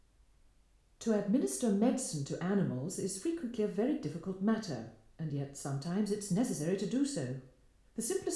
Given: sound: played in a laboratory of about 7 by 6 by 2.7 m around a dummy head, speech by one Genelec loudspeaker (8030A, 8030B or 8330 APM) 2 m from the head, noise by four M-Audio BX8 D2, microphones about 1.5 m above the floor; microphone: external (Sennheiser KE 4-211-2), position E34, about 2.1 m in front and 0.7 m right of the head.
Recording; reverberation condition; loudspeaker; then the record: female speech in English; medium; 30 degrees to the right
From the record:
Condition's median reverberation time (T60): about 510 ms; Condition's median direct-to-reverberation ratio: about -0.5 dB